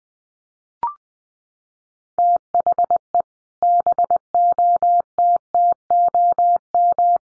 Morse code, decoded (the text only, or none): THE BOTTOM